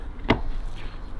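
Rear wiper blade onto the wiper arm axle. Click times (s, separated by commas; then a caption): 0.3 s. A rear wiper blade's plastic mount is pushed firmly onto the wiper arm's axle on a 2021 Citroen C3, fitting only one way. A single sharp, firm click is heard at 0.3 s against a low background rumble, confirming the blade has seated onto the arm.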